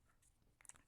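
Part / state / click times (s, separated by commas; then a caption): lipstick cap onto lipstick tube / seated / 0.7 s. A plastic lipstick cap is pushed back onto the lipstick tube until it snaps shut. A few quick, sharp clicks ring out in the second half, and the loudest one at 0.7 s marks the cap snapping into place, closing the lipstick.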